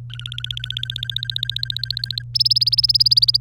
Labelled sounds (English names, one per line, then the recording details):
Domestic Canary song
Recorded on 25 April 2018 at 17:29
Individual llb3